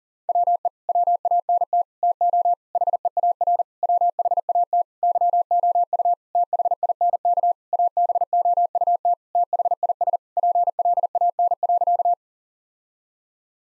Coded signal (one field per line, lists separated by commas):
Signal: Morse code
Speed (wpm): 40 wpm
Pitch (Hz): 700 Hz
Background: none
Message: WE WANT TO HEAR WHAT YOU THINK ABOUT THIS PLAN.